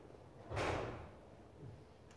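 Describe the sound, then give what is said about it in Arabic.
A door is opened slightly to let people in, swinging open with a brief rushing scrape that fades over about half a second, then a soft, low thud follows. No one speaks, and the overall level is quiet. “كأنه في بعض الناس يريدون الدخول، إذا تفتحون الباب قليلا بحيث لا يدخل الصوت عاليا ولا أيضا الباب يغلق.”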